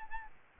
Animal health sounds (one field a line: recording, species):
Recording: mosquito wingbeat signal from an infrared sensor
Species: Aedes albopictus